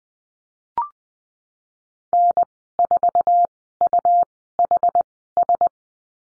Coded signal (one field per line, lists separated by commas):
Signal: Morse code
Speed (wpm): 19 wpm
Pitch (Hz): 700 Hz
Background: none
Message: N4UHS